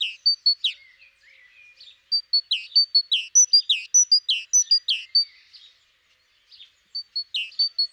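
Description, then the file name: Great tit producing rhythmic high piping notes, each paired with a downward slur, in several runs separated by short quiet gaps. "Parus major"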